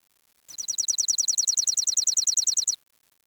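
Bird giving a fast, even series of sharp high chips sliding downward for just over two seconds, with quiet before and after.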